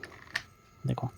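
With the spindle-lock button held fully pressed on a Bosch 650W angle grinder, the metal flange nut over the grinding wheel is tightened with a two-pin spanner. Faint ticks are followed by a sharp tick near 0.4 s and heavier low thumps around 0.9–1.0 s while someone talks. Nothing has seated or clicked yet.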